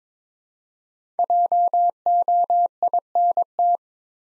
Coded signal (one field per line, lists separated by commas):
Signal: Morse code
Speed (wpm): 22 wpm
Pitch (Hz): 700 Hz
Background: none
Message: JOINT